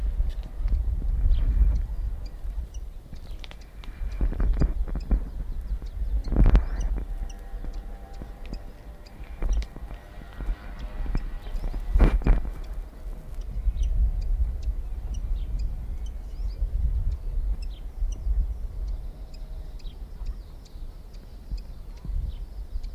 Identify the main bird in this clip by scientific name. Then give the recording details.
Phylloscopus canariensis. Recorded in the wild. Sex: female. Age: adult. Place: Puerto de la Cruz, Teneriffa, Teneriffa, Kanarische Inseln, ES. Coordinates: 28.4139, -16.5483. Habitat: park. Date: 1964-04-27 18:00. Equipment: Nagra III PH, LGS26. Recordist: Schneider, Hans-Joachim